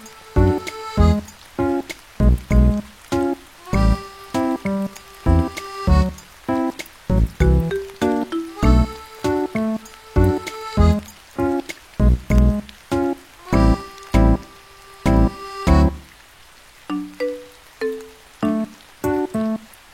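Music plays with a rain-like hiss beneath it. A steady, punchy beat thumps about twice a second under sustained bright notes for the first sixteen seconds, then the beat drops out, leaving a few soft, low tones to finish.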